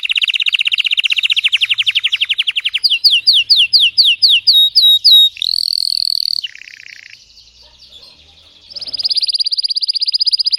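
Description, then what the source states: Canary song: a rapid trill, then a run of sharp separate whistled notes, a steady tone, a lower buzzy phrase, a pause, and a final fast high trill. Singing Belgian canary, red frosted colour variety.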